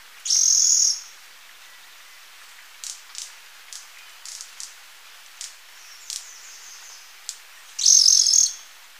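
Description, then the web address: Bronze-olive pygmy-tyrant giving two high buzzy trills, one at the start and one near the end, with soft scattered ticks and chips between them. Ecuador. "Birds of Ecuador. Bronze-olive Pygmy-Tyrant"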